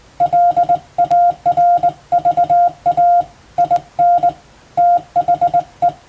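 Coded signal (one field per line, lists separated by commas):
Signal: Morse code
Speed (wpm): 21 wpm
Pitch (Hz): 700 Hz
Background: none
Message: LARVA IN THE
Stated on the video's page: Morse code practice for a Japanese radiotelegraph exam, recorded on the air via amateur radio.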